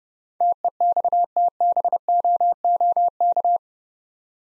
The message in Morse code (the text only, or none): TEXTBOOK